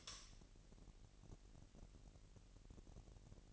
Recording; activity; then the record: daily activity, microphone in the room; light on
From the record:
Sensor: 4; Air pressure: 1002.7 hPa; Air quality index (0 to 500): 249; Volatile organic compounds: 17 ppm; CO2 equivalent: 2597 ppm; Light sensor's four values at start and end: 6/13/5/5 and 7/16/6/6